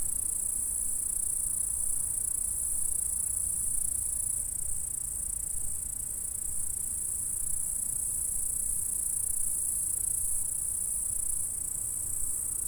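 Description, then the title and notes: Insect stridulation rings as a long, steady high sizzle, swelling slightly at times, over quiet low background noise. Insects stridulating in a meadow at Saint-François-de-Sales, France; recorded with a Zoom H4 recorder at 24-bit. "Saint-François-de-Sales, France - insectes. Stridulations dans la prairie. Enregistreur ZoomH4"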